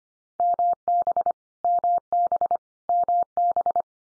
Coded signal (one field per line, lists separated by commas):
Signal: Morse code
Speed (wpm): 25 wpm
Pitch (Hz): 700 Hz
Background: none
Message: MB MB MB